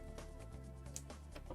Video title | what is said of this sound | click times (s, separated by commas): iFlash2PS2 Flex and PixelFX Retro GEM Install! Building the Ultimate PS2! | now the ey flash board will snap | 1.0 s